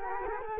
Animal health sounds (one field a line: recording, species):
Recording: mosquito wingbeat signal from an infrared sensor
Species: Culex quinquefasciatus